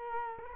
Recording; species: mosquito wingbeat signal from an infrared sensor; Culex quinquefasciatus